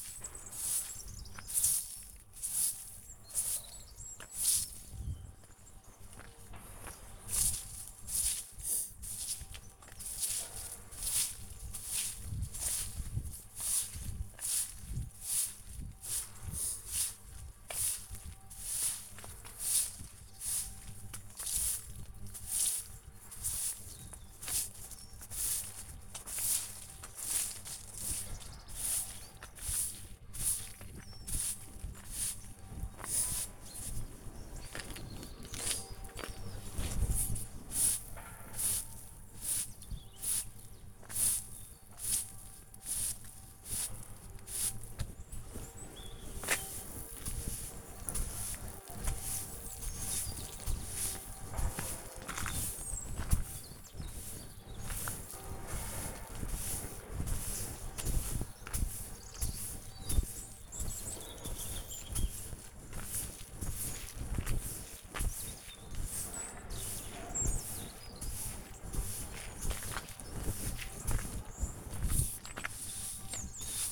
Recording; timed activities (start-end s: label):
household activities, microphone on the right wrist
0.00-73.92 s: sweeping the yard